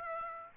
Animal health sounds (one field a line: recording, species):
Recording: mosquito wingbeat signal from an infrared sensor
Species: Aedes aegypti